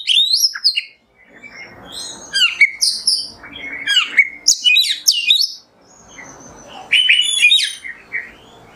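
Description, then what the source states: Oriental magpie-robin delivers rapid whistled notes mixed with harsh, chattering elements, sliding up and down, with a brief silent gap before bright whistles resume. Masteran tutor song of kacer in the nembak style.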